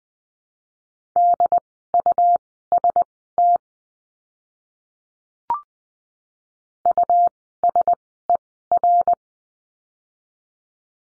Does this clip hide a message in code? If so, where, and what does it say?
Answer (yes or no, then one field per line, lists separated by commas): yes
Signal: Morse code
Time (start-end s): 1.2-9.1 s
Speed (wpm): 20 wpm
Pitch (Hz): 700 Hz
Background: none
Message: DUST USER